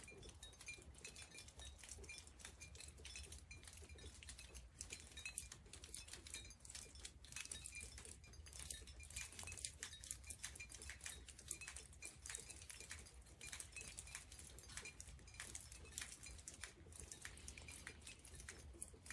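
Rain drips off a metal roof onto glass bottles in the grass, making a dense, uneven patter of bright clinks and ticks that never lets up. A steady low rumble sits underneath, and the drips stay busy for the whole stretch.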